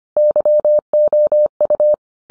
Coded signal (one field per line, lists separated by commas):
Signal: Morse code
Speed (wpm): 25 wpm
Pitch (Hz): 600 Hz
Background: none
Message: YOU